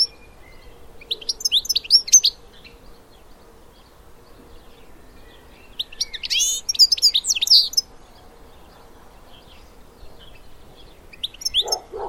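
Bird sounds come in three short clusters of high chirps and trills spread over twelve seconds, with faint background hum.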